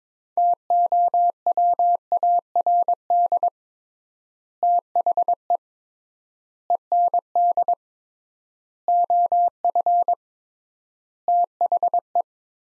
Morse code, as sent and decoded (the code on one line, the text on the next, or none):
- --- .-- .- .-. -.. / - .... . / . -. -.. / --- ..-. / - .... .
TOWARD THE END OF THE